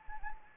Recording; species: mosquito wingbeat signal from an infrared sensor; Anopheles arabiensis